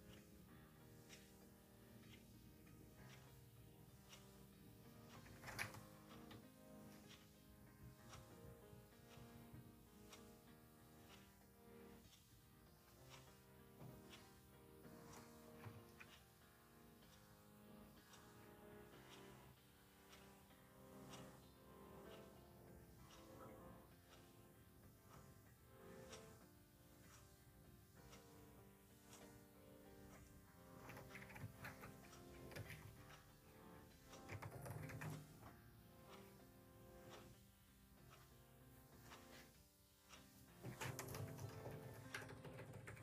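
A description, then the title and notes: Lofi music plays throughout, with a soft, steady low beat and sustained mellow chords. Sharp bright clicks and taps, like a ticking clock and keyboard keys, come up through the mix every second or so, with a louder burst of sound near the end. Ticking clock, keyboard, lofi music, kpop instr.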